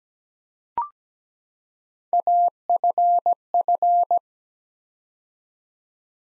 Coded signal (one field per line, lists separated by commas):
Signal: Morse code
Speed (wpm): 17 wpm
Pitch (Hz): 700 Hz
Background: none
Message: AFF